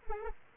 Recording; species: mosquito wingbeat signal from an infrared sensor; Anopheles arabiensis